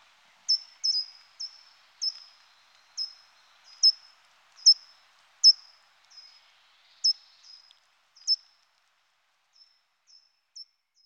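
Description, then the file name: Short-toed treecreeper giving thin, very high-pitched notes, single or paired, repeated at irregular intervals of about a second, fading toward the end, otherwise silent. "Grimpereau des jardins"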